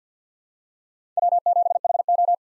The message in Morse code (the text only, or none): W7HO